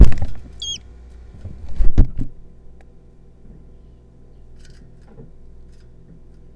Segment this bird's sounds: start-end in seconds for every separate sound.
0.60-0.78